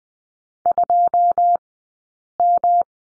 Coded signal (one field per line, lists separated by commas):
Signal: Morse code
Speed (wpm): 20 wpm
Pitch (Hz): 700 Hz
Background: none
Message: 2M